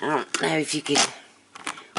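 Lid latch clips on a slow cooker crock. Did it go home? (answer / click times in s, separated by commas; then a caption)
yes / 1.7 s, 2.0 s. Someone talks, then snaps the small side clips of an 8.5 quart slow cooker's travel lid over the lid on the crock. Sharp clicks are heard at 1.7 s and 2.0 s as the clips lock the lid into place so the cooker can be carried.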